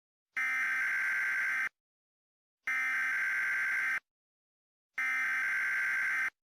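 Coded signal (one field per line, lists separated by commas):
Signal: Emergency Alert System (SAME) tones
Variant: header bursts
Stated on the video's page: Fictional EAS scenario about the end of the world.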